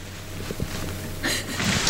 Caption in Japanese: 今お腹鳴ってます。 鳴ってますよ。なんか雷みたいなんだけど。僕の鳴り続けて。